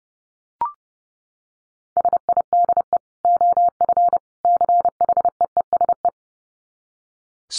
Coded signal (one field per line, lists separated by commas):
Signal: Morse code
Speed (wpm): 30 wpm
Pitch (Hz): 700 Hz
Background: none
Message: SIDE OF CHEESE